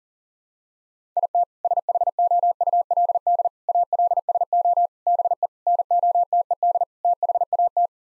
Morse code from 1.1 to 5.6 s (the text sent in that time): IT SHOULD ALSO BE